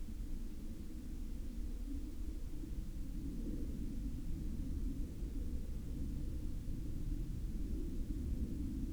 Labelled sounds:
aircraft
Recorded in the Arctic National Wildlife Refuge, Alaska, on 8 May 2019 at 23:07
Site 37

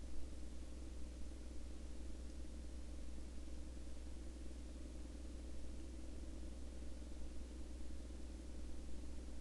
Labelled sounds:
truck
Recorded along the Dalton Highway, Alaska, on 5 May 2019 at 22:50
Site 08

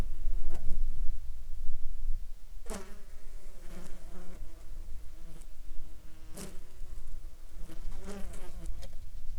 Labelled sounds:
insects
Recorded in Ivvavik National Park, Yukon, on 9 July 2019 at 09:06
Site SINP03

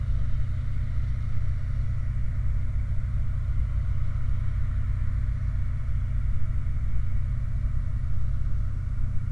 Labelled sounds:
machinery
flare stack
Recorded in the Prudhoe Bay oil fields, Alaska, on 29 July 2019 at 04:50
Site 29

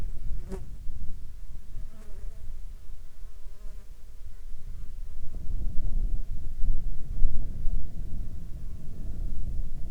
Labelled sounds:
wind
insects
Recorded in the Arctic National Wildlife Refuge, Alaska, on 21 June 2019 at 14:20
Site 33

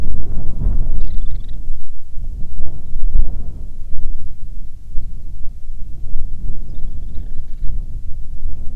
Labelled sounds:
bird
wind
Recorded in the Arctic National Wildlife Refuge, Alaska, on 9 July 2019 at 22:38
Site 48

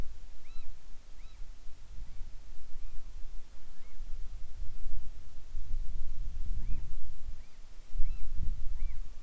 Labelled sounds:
seabird
insects
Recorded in the Arctic National Wildlife Refuge, Alaska, on 7 July 2019 at 19:00
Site 41

